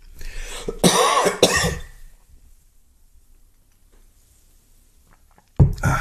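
Two harsh, rough coughs in quick succession from an adult man with a cold, followed by a long quiet pause.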